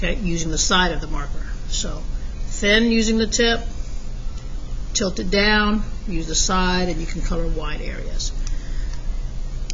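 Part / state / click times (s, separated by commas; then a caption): plastic cap onto a felt-tip marker / seated / 9.7 s. Someone talks while a plastic cap is pushed onto a classroom felt-tip marker to close it. The cap snaps shut at 9.7 s, so the marker is sealed and won't dry out.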